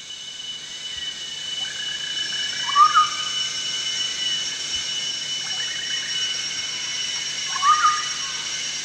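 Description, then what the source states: Chestnut-backed scimitar babbler giving two short whistled phrases, rising then level, about five seconds apart, over a steady high droning background. Danum, 1 April 2006.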